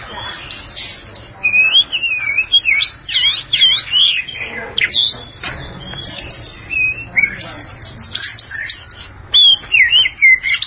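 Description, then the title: Oriental magpie-robin pouring out a long, continuous medley of high whistles, trills and scratchy notes, sliding and varied throughout. Long-duration song. "Kacer Durasi Panjang"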